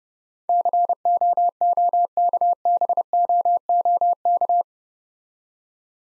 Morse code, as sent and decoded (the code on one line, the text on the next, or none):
-.-. --- --- -.- -... --- --- -.-
COOKBOOK